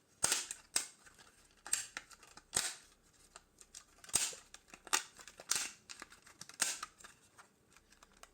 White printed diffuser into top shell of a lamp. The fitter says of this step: you should hear some nice clicky noises as the white clips into the shell properly